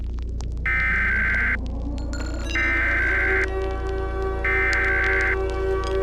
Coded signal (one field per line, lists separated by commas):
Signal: Emergency Alert System (SAME) tones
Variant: header bursts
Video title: EAS Scenario: “Midnight Rabies” (Original)